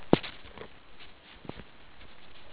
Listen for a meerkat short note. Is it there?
no